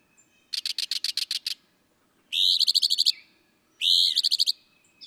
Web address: songs Northern Mockingbird